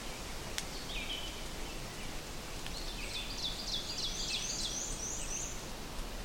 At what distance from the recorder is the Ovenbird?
about 90 m